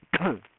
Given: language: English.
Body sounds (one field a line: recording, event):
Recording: throat vibration sensor signal played as sound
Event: cough